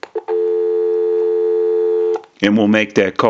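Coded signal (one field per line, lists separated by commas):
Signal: telephone call progress tone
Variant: North America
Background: speech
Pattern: dial tone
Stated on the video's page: Tone heard through a Mickey Mouse original model telephone during checkout and repair.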